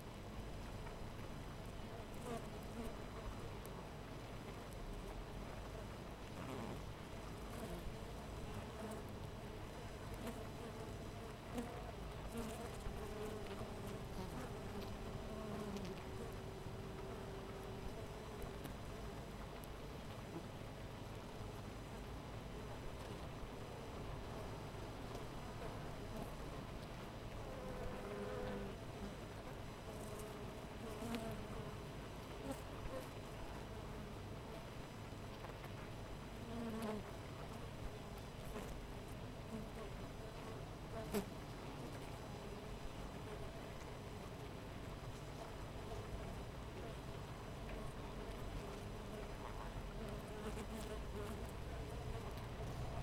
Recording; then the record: honeybee colony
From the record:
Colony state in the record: missing queen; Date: 14 July 2017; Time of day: 5:51